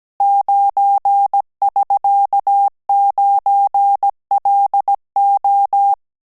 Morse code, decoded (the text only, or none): 9<SK>9LO